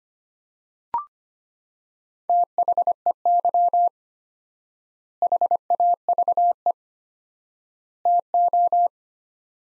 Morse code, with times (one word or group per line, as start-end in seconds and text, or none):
2.3-3.9 THEY
5.2-6.7 HAVE
8.1-8.9 TO